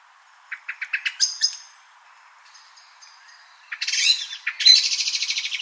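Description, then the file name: Common blackbird calls: a quick run of sharp chinks, then harsh, high chattering notes crowding together near the end. "Turdus merula"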